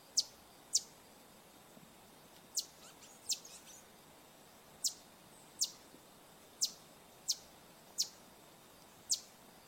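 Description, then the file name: Green honeycreeper calls: short, high, thin ticking notes given singly or in close pairs at irregular intervals, over a faint steady background hiss. "Canto do sai verde"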